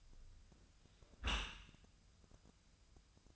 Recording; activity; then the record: daily activity, microphone in the room; close dishwasher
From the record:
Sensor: 2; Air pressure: 1004.6 hPa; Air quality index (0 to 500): 102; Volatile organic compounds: 2 ppm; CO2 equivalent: 1234 ppm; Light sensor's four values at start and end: 6/15/6/6 and 6/15/6/6